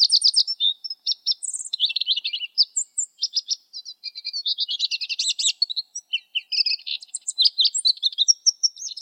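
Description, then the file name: Lesser goldfinch song: high, fast twitters mixed with short trills and sharp whistled notes in a restless, rambling sequence. "suara lesser goldfinch omkicau"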